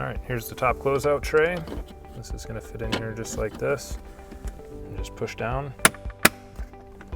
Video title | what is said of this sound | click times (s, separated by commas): Dometic CCF-T - Ford - F150 2021 -Current Center Console Refrigerator Installation | snap into place everything seated | 6.2 s